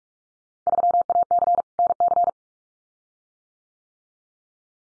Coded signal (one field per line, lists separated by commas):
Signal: Morse code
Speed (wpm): 44 wpm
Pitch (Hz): 700 Hz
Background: none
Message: 3AC NC